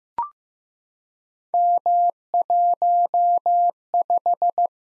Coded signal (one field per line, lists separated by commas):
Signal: Morse code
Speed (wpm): 15 wpm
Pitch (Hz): 700 Hz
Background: none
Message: M15